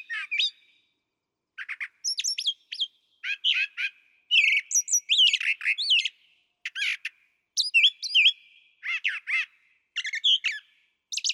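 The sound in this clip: Brown thrasher song: a long string of varied, high chirpy and slurred phrases, many given twice, with brief pauses between groups; no other sounds.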